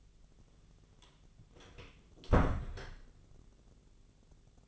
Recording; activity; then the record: daily activity, microphone in the room; close door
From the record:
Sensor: 4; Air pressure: 1001.3 hPa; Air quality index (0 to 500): 182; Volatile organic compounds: 2 ppm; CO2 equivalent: 1302 ppm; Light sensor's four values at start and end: 15/34/14/14 and 16/38/15/16